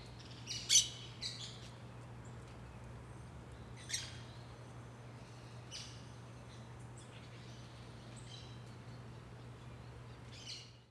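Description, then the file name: Parakeet calls, a few harsh, shrill screeches scattered throughout, loudest near the start, over a steady low hum. Green parakeets, very marked, in a residential block in Brasília, Brazil. "Periquitos Verdes Muito Marcados em Quadra Residencial de Brasilia"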